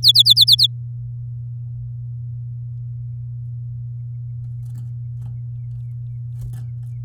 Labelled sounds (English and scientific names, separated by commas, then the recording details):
Domestic Canary (Serinus canaria) song
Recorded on 8 May 2018 at 10:40
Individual llb16